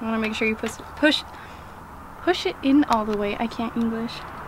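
A wiring connector clip is being lined up by its notch and pushed toward a car headlight unit on a MINI R53 fitted with new headlights, while someone talks over faint background noise. Nothing has seated or clicked yet.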